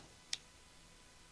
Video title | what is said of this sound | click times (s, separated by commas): Luxury Knives for Ultimate Survival! | Snaps right in, snap it closed, and you're ready to go. | 0.3 s